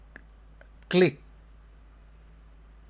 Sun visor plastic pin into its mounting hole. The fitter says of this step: you will hear a click, and that means it's locked.